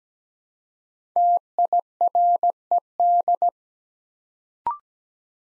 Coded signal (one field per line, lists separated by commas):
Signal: Morse code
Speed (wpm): 17 wpm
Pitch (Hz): 700 Hz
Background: none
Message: TIRED